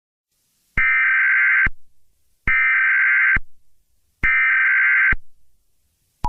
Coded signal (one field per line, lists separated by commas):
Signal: Emergency Alert System (SAME) tones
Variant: header bursts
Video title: EAS Mock: Eros